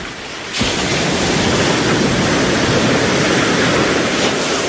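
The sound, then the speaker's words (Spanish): Ocean waves on a beach at Mar del Plata: a steady, loud, hissing wash of surf that swells in abruptly after a brief quieter moment and then rolls on without pause, with no voices. “Y seguimos aquí en la playa, en Mar del Plata.”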